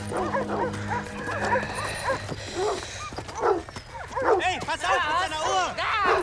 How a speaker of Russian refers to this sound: На пленного спускают собаку.